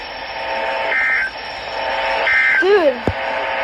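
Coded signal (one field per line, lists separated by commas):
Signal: Emergency Alert System (SAME) tones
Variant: end-of-message bursts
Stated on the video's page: Severe Thunderstorm Warning received from NOAA Weather Radio station KEC57, Sacramento, California.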